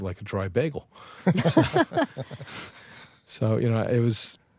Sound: soundbite of laughter